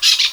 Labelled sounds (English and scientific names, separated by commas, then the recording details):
Brown-throated Parakeet (Eupsittula pertinax) contact call
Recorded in Venezuela
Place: Guárico; Corozopando; Fundo La Fe
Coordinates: 8.506, -67.593